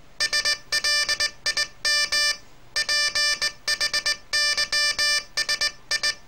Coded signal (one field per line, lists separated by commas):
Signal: Morse code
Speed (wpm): 17 wpm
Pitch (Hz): 1800 Hz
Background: none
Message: SLIM PHYSI